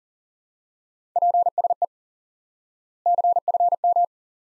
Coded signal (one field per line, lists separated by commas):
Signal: Morse code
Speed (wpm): 40 wpm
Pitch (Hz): 700 Hz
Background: none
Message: PSE CFM